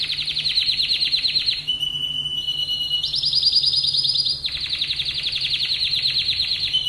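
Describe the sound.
Energetic canary trilling, fast repeated notes broken by a short flat whistle, then higher rapid trills continuing to the end.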